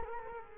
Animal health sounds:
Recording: mosquito wingbeat signal from an infrared sensor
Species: Culex quinquefasciatus

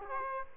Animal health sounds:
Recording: mosquito wingbeat signal from an infrared sensor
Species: Aedes aegypti

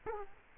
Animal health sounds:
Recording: mosquito wingbeat signal from an infrared sensor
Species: Culex quinquefasciatus

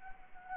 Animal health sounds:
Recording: mosquito wingbeat signal from an infrared sensor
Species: Anopheles gambiae

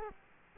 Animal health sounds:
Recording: mosquito wingbeat signal from an infrared sensor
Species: Culex quinquefasciatus

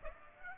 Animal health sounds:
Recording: mosquito wingbeat signal from an infrared sensor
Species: Aedes aegypti

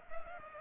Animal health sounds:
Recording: mosquito wingbeat signal from an infrared sensor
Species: Culex pipiens

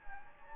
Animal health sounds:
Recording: mosquito wingbeat signal from an infrared sensor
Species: Anopheles gambiae

